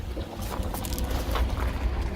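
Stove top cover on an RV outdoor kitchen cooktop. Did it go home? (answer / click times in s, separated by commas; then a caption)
no / none. Someone handles the stove top cover on the outdoor kitchen cooktop of a Montana High Country 385 bonus room RV, making a few knocks around 0.9, 1.0 and 1.4 seconds over a steady low rumble. The cover does not lock in, and nothing has clicked or latched yet.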